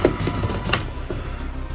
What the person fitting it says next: Okay, snaps right in.